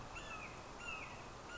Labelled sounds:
Red-shouldered Hawk (Buteo lineatus)
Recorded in Sonoma County, California

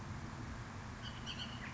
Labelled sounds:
Bullock's Oriole (Icterus bullockii)
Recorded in Sonoma County, California

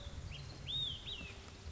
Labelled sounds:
Olive-sided Flycatcher (Contopus cooperi)
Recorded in Sonoma County, California

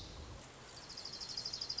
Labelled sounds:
Orange-crowned Warbler (Leiothlypis celata)
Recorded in Sonoma County, California

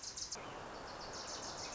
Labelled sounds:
Wilson's Warbler (Cardellina pusilla)
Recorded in Sonoma County, California

